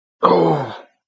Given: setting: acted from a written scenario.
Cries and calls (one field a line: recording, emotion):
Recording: vocal sound without words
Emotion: pain